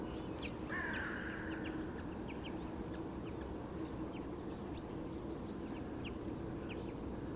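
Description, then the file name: Carrion crow giving one drawn-out raspy caw, followed by thin high chirps of small birds over a low steady rumble. "Corvus corone"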